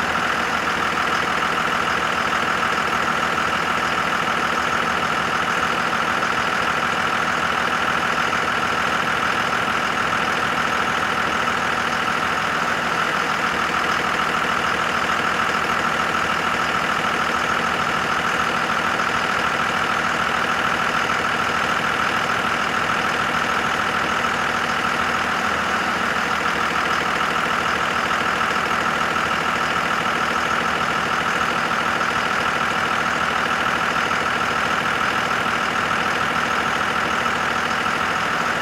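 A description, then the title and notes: A school bus engine idles steadily for the whole stretch, a constant mid-pitched rumble with a faint hum and no changes in speed. School Bus Idling. Rumble of the engine.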